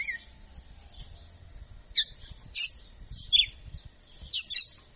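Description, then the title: Red-cowled cardinal singing brisk, high chipping and slurred notes, some doubled, with a constant thin high hum behind. Female bird; tutor ("professor") bird singing in the "açoitando" style. "Canto Galo Campina Fêmea. Galo de Campina Professor Açoitando"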